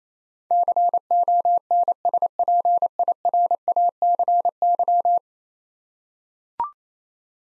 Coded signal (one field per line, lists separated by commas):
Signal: Morse code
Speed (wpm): 28 wpm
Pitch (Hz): 700 Hz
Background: none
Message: CONSPIRACY